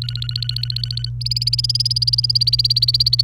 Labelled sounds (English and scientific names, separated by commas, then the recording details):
Domestic Canary (Serinus canaria) song
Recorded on 28 April 2018 at 12:30
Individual llb3